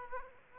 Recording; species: mosquito wingbeat signal from an infrared sensor; Aedes aegypti